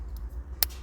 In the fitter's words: sure the lock snaps. So you're going to hear 2 clicks.